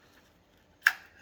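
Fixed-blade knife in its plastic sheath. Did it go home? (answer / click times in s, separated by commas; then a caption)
released / 0.9 s. A Becker/Ka-Bar BK18 fixed-blade knife is pulled from its molded plastic sheath, and the retention releases with a sharp snap at 0.9 s. The knife pops out of the sheath cleanly, and a fainter tick follows at about 1.3 s.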